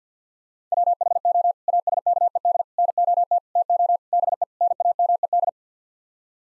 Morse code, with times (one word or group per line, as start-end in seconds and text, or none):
0.7-1.5 WHO
1.7-2.6 ASKED
2.8-3.4 NOT
3.6-4.0 TO
4.1-4.4 BE
4.6-5.5 NAMED